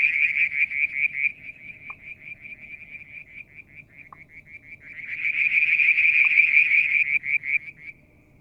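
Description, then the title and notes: Frog trill of fast repeated high pulses, softer in the middle, then rising to a loud buzzy burst before stopping, with occasional clicks. Striped marsh frog, Verreaux's tree frog and an unidentified frog; Mount Wilson, New South Wales, Australia; July 2022; evening near a water tank. "Frog song, Mount Wilson, New South Wales, Australia in July 2022 – by Alexander Moffatt. Limnodynastes Peronii, Litoria Verreauxii and a mystery frog one evening near the water tank"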